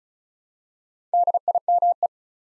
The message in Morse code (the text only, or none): DIME